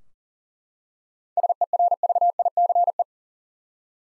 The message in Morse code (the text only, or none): SERVICE